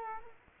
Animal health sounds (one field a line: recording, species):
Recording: mosquito wingbeat signal from an infrared sensor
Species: Culex quinquefasciatus